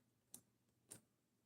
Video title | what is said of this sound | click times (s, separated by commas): Cleaning up some knives | that just snapped right into place without any sounds. | 0.3 s, 0.9 s